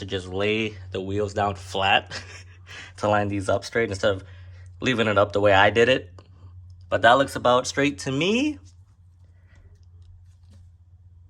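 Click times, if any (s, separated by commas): none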